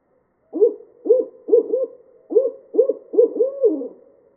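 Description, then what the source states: Barred owl hooting, a run of several rhythmic hoots ending in a longer drawn-out descending hoo-aw; no other sounds. Recorded 17 August 2013.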